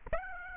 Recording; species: mosquito wingbeat signal from an infrared sensor; Aedes aegypti